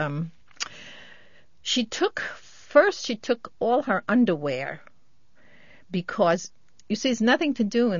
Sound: none

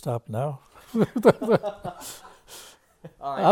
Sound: they laugh

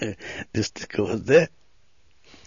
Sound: he laughs

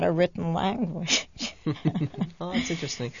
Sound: they laugh

